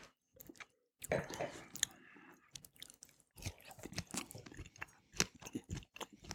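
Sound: chewing food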